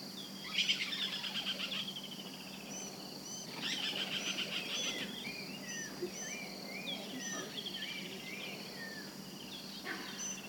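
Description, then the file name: Birds singing: many high, thin whistles and quick chirps overlapping steadily, with short bright rising and falling notes repeated throughout. "Digiffects Sound Effects Library - Small Monkey with Birds Singing"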